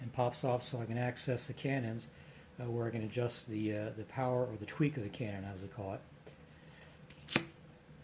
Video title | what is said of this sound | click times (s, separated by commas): RC Warship Combat Model Tour | snaps back in | 7.4 s